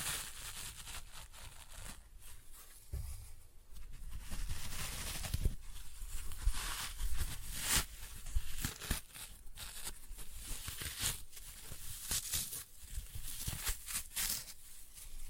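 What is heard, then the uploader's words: Floral foam being crushed, a dense run of crisp crackling and crunching, with bright bursts near the eighth, eleventh and thirteenth seconds. ASMR Most Satisfying Floral Foam Glitter Bomb Crushing.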